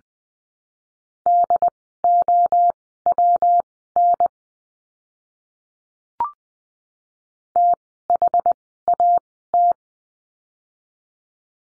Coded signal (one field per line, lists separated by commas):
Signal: Morse code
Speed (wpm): 19 wpm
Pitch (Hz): 700 Hz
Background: none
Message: DOWN THAT